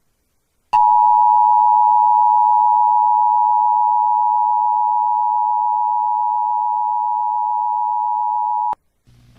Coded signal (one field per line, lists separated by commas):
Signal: Emergency Alert System (SAME) tones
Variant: 853 and 960 Hz attention tone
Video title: EAS SEVERE THUNDERSTORM WARNING LAREDO, TX APRIL 5 2023 (EAS #64-69)